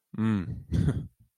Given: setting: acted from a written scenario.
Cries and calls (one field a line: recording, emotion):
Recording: vocal sound without words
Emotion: contempt